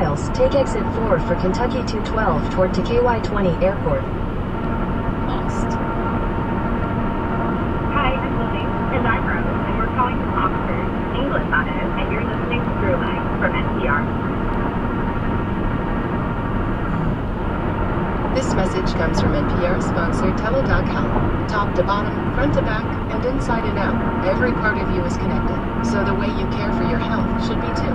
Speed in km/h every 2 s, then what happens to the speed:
122, 124, 124, 126, 124, 126, 126, 126, 126, 127, 126, 126, 126, 126.
0-28 steady at about 126.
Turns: none.